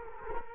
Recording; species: mosquito wingbeat signal from an infrared sensor; Culex quinquefasciatus